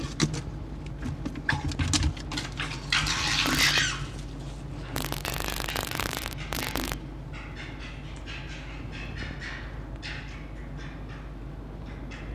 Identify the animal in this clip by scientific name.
Vulpes vulpes